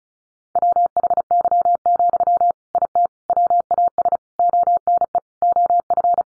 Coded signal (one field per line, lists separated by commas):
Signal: Morse code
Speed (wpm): 34 wpm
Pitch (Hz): 700 Hz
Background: none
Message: WHY, IT WAS ONE OF